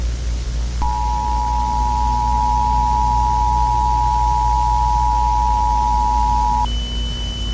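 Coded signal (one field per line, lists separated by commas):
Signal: Emergency Alert System (SAME) tones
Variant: 853 and 960 Hz attention tone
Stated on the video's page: Fictional EAS scenario about Pokémon attacking people.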